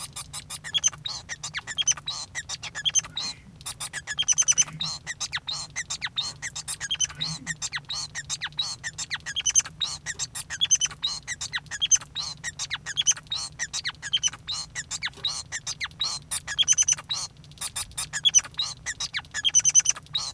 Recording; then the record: song of a male Bengalese finch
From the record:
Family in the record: son of father 5